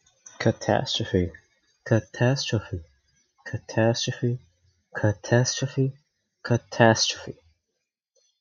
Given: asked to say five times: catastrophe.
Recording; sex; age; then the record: repeated word; male; 20 to 29 years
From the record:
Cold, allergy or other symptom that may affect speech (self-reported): no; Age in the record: 23 years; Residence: New York, United States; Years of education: 16